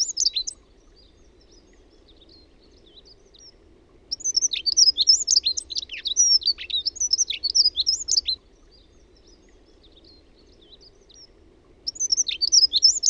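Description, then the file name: Dunnock singing three fast, scratchy, high-pitched warbling phrases separated by quiet pauses of several seconds; only the middle phrase, about four seconds long, is heard in full. "RAUTIAINEN"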